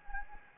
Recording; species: mosquito wingbeat signal from an infrared sensor; Anopheles gambiae